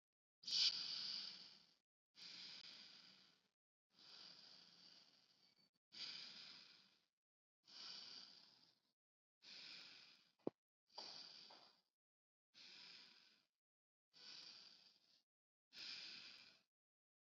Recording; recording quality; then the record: deep breathing; excellent, no background noise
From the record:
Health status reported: COVID-19 positive, no symptoms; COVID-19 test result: positive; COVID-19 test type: RT-PCR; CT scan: not taken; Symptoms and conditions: cold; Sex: female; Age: 20 years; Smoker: no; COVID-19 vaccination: both doses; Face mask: not worn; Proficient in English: yes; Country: India